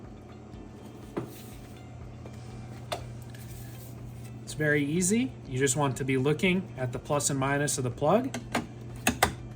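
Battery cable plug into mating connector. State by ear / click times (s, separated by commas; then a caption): seated / 9.1 s, 9.2 s. Someone talks while the plastic plug on a lithium 48 volt Power Sonic golf cart battery's cable is lined up plus to minus with its mating connector, with a few faint taps heard earlier around 1.2 and 2.9 seconds. The plug is pushed in and gives two loud, sharp clicks at 9.1 and 9.2 seconds as it seats in the connector.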